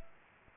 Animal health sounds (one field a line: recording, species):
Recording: mosquito wingbeat signal from an infrared sensor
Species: Aedes aegypti